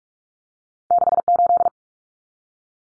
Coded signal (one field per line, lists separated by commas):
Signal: Morse code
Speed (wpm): 44 wpm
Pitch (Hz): 700 Hz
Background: none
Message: 68